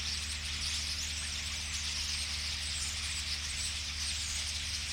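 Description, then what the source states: Common starlings in a flock give constant high squeaky chatter, the notes blending into one busy texture over a steady low drone. Flock singing in a tree at Boldixumstieg, Nieblum, Germany; cars in background; Zoom H3-VR ambisonic recording rendered binaural.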